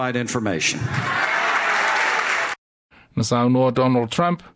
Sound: cheering